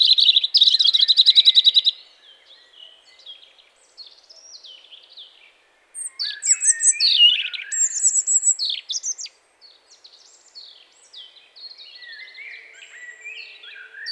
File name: Erithacus rubecula